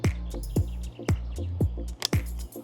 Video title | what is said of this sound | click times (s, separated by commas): ÇA EXPLOSE EN DIRECT !!! Batterie Powee, nouveau produit : je m'adresse à vous en toute transparence | avez entendu le clip donc le clip de sécurité qui permet de nous dire que c'est bien fixé tout simplement et | 2.0 s